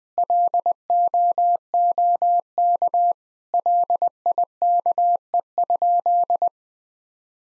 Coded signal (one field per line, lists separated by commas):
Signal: Morse code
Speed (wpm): 21 wpm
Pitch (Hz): 700 Hz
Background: none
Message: LOOK LIKE?